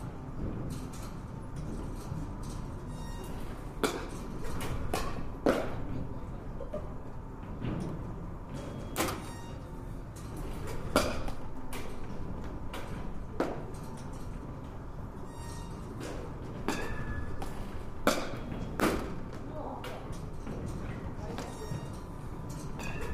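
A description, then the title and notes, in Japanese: Sharp, bright cracks from a batting cage ring out every second or two, some louder than others. Beneath them runs a steady low rumble of machinery, with murmuring voices and a faint constant tone in the background throughout. バッティングセンターの音です。Sound of batting cage。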